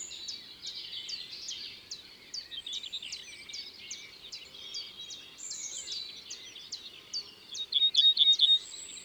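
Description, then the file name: Ortolan bunting gives a quick phrase of four loud ringing notes near the end, after a long run of thin repeated chirps from other birds. Drôme, France. "Bruant ortolan Concerts Naturels de la Drome Studio les Trois Becs"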